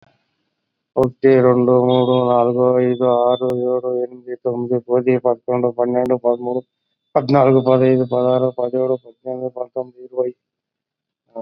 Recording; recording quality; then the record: counting at a fast pace; moderate, slight background noise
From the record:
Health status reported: COVID-19 positive, mild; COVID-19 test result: positive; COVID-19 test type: RT-PCR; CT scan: not taken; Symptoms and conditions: cough, diabetes, another condition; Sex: male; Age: 55 years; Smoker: yes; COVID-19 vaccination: both doses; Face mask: worn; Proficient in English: yes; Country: India